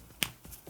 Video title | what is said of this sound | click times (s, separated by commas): Amazonで爆売れした温調ハンダコテPX-280を超えか?... 新機種のPX-211をレビュー | It's made of soft material like this. Easily snapped into place. | 0.2 s